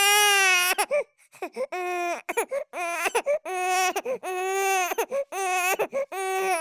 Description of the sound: Voice Baby Cry Sequence Long.